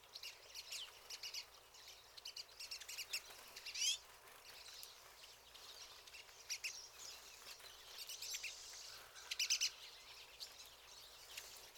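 Pine siskin calls: high chattering twitters come in loose bursts, with a few sharper notes near four and nine and a half seconds.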